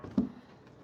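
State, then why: Not seated. The foam canopy of an E-flite Eratix 3D SWS 1.6 m RC airplane is dropped into place after its retaining pin is pulled, but the pin fails to engage because it is not all the way into the fuselage tower. A single short, low thud sounds at about 0.2 s, then only faint background noise. Nothing has seated or clicked yet.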